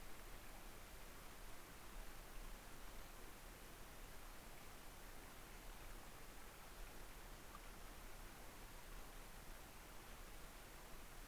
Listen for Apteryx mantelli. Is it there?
no